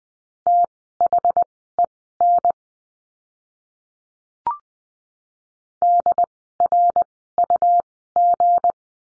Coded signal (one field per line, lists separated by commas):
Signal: Morse code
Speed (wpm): 20 wpm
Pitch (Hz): 700 Hz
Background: none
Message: THEN DRUG